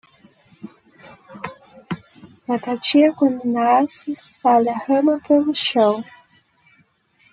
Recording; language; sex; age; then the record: short text; Brazilian Portuguese; female; 20 to 29 years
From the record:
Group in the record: control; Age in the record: 24 years